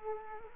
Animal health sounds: mosquito wingbeat signal from an infrared sensor; Culex quinquefasciatus

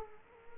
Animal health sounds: mosquito wingbeat signal from an infrared sensor; Culex quinquefasciatus

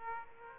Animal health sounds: mosquito wingbeat signal from an infrared sensor; Aedes aegypti

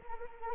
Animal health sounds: mosquito wingbeat signal from an infrared sensor; Anopheles arabiensis

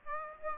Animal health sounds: mosquito wingbeat signal from an infrared sensor; Aedes aegypti

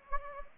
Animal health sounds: mosquito wingbeat signal from an infrared sensor; Anopheles gambiae

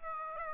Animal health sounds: mosquito wingbeat signal from an infrared sensor; Aedes aegypti

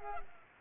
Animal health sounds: mosquito wingbeat signal from an infrared sensor; Culex pipiens

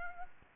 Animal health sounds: mosquito wingbeat signal from an infrared sensor; Aedes aegypti

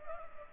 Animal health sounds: mosquito wingbeat signal from an infrared sensor; Culex pipiens

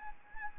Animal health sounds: mosquito wingbeat signal from an infrared sensor; Anopheles gambiae

